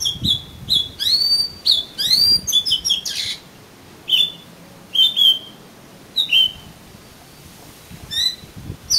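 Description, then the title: Oriental magpie-robin giving clear whistled notes and falling slurs, first in a fast string, then spaced out with pauses between them. "Kacer Kacer"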